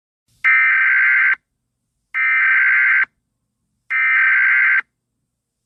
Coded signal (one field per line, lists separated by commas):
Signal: Emergency Alert System (SAME) tones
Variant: header bursts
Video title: EAS Mock: 9/11 Tribute (New Verison)